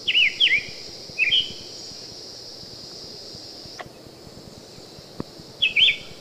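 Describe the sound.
Summer Tanager song, three burry up-and-down phrases, a long quiet gap with a thin steady hum and faint clicks, then one more phrase.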